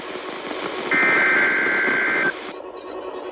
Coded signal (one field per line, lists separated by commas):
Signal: Emergency Alert System (SAME) tones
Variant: header bursts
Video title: FROM SEBRING TO SALEM.. | EAS Alerts from 3/15-3/28/23 (EAS #816 - 826)